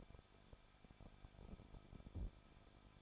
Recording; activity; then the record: daily activity, microphone in the room; no activity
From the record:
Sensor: 5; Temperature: 20.8 degrees Celsius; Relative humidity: 38.6%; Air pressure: 1006.4 hPa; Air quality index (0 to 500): 192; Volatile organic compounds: 21 ppm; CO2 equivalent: 2712 ppm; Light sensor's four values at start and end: 2/3/1/1 and 2/3/1/1